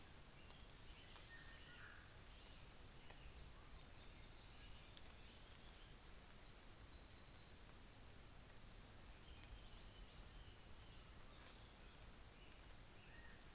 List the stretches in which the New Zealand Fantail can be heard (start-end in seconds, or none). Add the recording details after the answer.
9.73-12.38. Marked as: faintness 5/5. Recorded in New Zealand on 24 December 2018. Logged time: 10:15